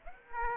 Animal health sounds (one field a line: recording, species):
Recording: mosquito wingbeat signal from an infrared sensor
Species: Aedes aegypti